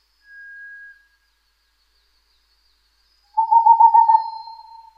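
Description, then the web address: Boreal Owl: a quick run of soft hoots on one pitch, tailing off near the end, preceded by a faint, thin steady whistle. "kinmefukuro"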